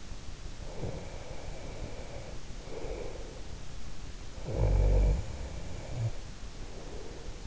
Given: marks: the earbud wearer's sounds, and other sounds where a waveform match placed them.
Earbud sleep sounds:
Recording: sounds in sleep by an in-ear microphone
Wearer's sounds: breath, snoring breath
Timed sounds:
0.65-3.40 s: breath
4.43-7.47 s: snoring breath

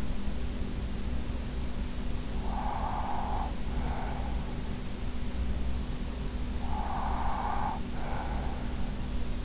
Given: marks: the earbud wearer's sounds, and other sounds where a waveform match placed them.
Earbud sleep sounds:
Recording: sounds in sleep by an in-ear microphone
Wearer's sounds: breath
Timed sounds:
2.05-4.44 s: breath
6.25-9.44 s: breath

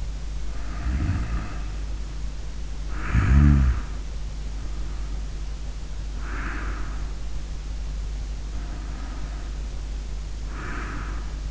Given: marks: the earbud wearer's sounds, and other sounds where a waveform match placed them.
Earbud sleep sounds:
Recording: sounds in sleep by an in-ear microphone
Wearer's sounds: snoring breath, breath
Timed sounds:
0.00-2.44 s: snoring breath
2.60-5.56 s: snoring breath
6.01-7.99 s: breath
8.48-11.51 s: breath

